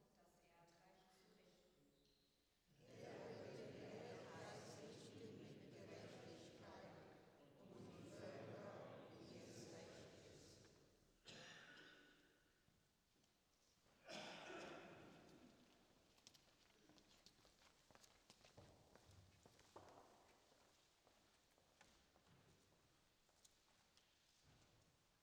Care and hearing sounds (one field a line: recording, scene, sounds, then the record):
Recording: everyday scene through a hearing-aid microphone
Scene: reverberant space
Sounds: speech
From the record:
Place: church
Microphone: in the ear canal, left